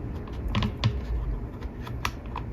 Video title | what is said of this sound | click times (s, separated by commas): OUTDATED VIDEO: Glue the Outside of the crack Instead (it actually works that way) | I just push and move it. And you should feel like a little click | 0.8 s, 2.1 s